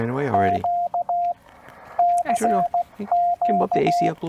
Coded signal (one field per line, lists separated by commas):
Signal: Morse code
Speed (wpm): 16 wpm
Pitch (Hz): 700 Hz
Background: speech, radio noise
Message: Q CQ